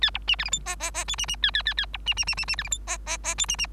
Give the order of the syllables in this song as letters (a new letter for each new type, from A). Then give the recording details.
A B C D E F G G G H C C A A A A B C C C C C D E F G G G H C C. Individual Bird3